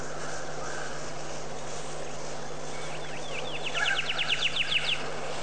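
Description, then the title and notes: Bird giving a fast series of sharp, evenly spaced chip notes in the last two seconds after a stretch of background noise. "Bird Sound Effects पक्षी लगता है. lots of different bird sounds"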